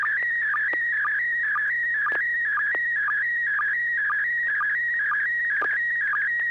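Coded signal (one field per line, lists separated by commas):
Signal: SSTV (slow-scan television)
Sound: warbling tone shifting between pitches, with short low blips about twice a second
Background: low steady hum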